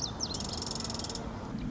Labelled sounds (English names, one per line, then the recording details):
Marsh Wren
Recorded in Sonoma County, California